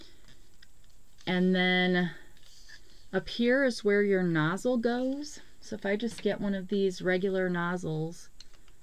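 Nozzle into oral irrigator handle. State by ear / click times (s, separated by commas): not seated / none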